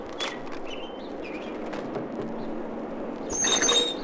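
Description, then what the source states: Sparrows giving a few short, thin chirps over a steady background hum, with a louder, brighter burst near the end. Sparrows in a back yard in New York City, recorded beside a clothes line.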